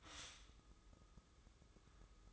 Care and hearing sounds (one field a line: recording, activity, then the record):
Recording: daily activity, microphone in the room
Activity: stop toaster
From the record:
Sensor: 3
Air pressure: 995.2 hPa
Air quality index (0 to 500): 74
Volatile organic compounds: 5 ppm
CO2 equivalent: 1735 ppm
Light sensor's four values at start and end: 18/55/23/20 and 18/55/23/20